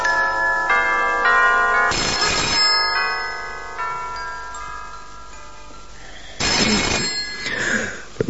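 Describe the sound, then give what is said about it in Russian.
An old-fashioned telephone bell rings in two bursts, a bright metallic jangle with sustained ringing tones between, and no voices present. “Томас Брэдли у телефона.”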